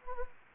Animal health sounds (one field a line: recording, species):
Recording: mosquito wingbeat signal from an infrared sensor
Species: Anopheles gambiae